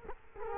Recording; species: mosquito wingbeat signal from an infrared sensor; Culex quinquefasciatus